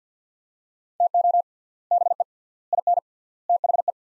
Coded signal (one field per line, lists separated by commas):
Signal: Morse code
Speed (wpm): 46 wpm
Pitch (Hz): 700 Hz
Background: none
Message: TO BE IN THE